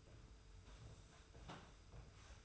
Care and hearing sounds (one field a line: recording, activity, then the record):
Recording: daily activity, microphone in the room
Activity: sweep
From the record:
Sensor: 2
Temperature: 25.1 degrees Celsius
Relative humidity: 42.2%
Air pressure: 991.2 hPa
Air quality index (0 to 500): 147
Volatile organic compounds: 362 ppm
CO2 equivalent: 4605 ppm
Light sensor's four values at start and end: 41/114/45/43 and 41/115/46/44